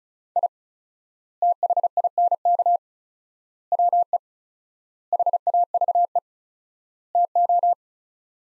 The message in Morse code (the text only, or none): I THINK WE HAVE TO